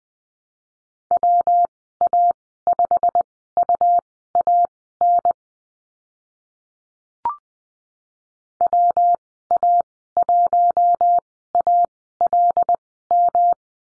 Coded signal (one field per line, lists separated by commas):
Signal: Morse code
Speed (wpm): 20 wpm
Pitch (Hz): 700 Hz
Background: none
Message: WA5UAN WA1ALM